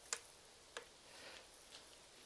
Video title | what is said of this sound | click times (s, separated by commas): Overclockersclub checks out the QSW-M2108R-2C 10GbE switch from QNAP! | that wasn't very loud but there's a little click a little snap and now this end is plugged in | 0.1 s